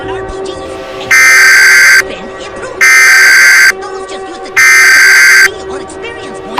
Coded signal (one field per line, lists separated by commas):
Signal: Emergency Alert System (SAME) tones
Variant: header bursts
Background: speech